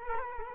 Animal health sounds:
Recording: mosquito wingbeat signal from an infrared sensor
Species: Culex quinquefasciatus

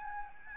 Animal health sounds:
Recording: mosquito wingbeat signal from an infrared sensor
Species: Aedes albopictus

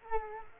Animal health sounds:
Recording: mosquito wingbeat signal from an infrared sensor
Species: Culex quinquefasciatus

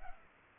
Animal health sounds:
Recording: mosquito wingbeat signal from an infrared sensor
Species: Culex pipiens

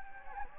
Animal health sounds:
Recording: mosquito wingbeat signal from an infrared sensor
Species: Anopheles gambiae

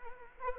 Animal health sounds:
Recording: mosquito wingbeat signal from an infrared sensor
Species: Anopheles arabiensis

